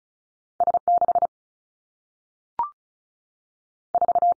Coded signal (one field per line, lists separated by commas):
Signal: Morse code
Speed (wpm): 36 wpm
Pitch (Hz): 700 Hz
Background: none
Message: S 6 4